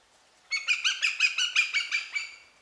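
Eurasian goshawk calling a fast run of roughly ten harsh, ringing kek notes, steady in pitch and spacing.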